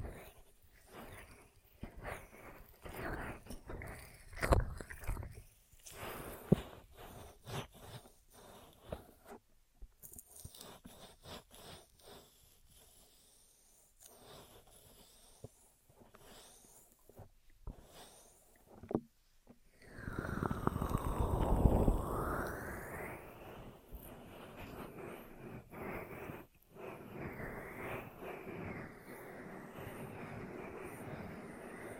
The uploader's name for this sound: Intense Ear Triggers (No Talking)